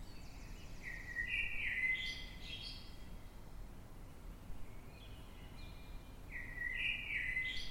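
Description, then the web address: Eurasian blackbird song: a melodious whistled phrase with high squeaky add-ons, a pause, then another similar phrase; low rumbling noise persists. Recorded in the dead of night, 3:50 am, in London, UK, on 9 March 2026. "Blackbird Dead Of Night. london uk. by eleanor mcdowall"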